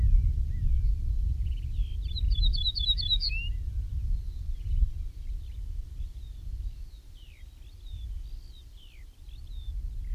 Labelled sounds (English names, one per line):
Ortolan Bunting